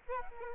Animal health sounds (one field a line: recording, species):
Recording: mosquito wingbeat signal from an infrared sensor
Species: Aedes albopictus